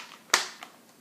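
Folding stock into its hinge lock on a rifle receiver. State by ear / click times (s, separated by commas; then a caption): seated / 0.3 s. The folding stock of a Sig 556/Sig 556xi rifle is swung over after pressing its release button and locks into its hinge on the receiver in the folded position. A sharp, bright snap at 0.3 s is followed by a short fading ring and a faint tap at 0.6 s. The stock is seated and solid.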